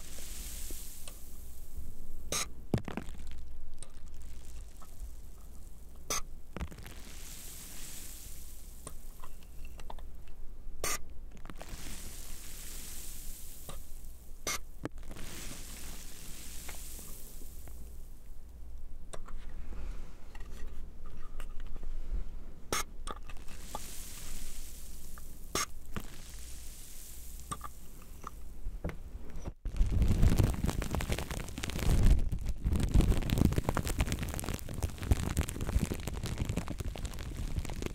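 Water sprayers hiss in repeated bright bursts with sharp drop clicks, then a low, rumbling, denser spraying takes over for the last eight seconds.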